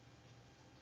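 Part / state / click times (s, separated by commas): link rod end onto brass ball stud of RC car suspension / not seated / none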